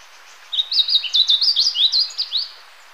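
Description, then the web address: Blue seedeater song, a brisk run of many high, slurred chirps over about two seconds, each note bending up or down. Recorded in Ecuador. "Birds of Ecuador. Blue Seedeater"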